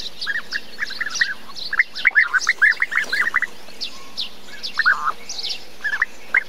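Bee-eaters giving many short liquid calls, some overlapping, with a quieter gap near the middle.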